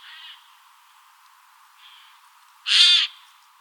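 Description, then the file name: Eurasian jay giving one loud, harsh, rasping screech near the end, preceded by two fainter hoarse calls. "Garrulus glandarius"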